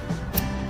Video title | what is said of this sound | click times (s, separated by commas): How To Upgrade Bradley Smoker (Step by step)Heater Upgrade (DIY) | There you go. Hear the click. That means it's good. Okay, nice and tight. | 0.4 s